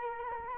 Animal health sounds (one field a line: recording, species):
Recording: mosquito wingbeat signal from an infrared sensor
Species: Culex quinquefasciatus